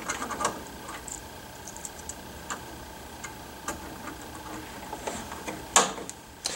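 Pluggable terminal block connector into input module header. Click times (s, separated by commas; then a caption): 5.8 s. A pluggable Phoenix-style terminal block connector is pushed onto the header of a new input module in an ITM 509 unit. Light, scattered ticks and clicks are heard before a sharp, loud snap at 5.8 s, followed by a few smaller clicks. The connector seats in place.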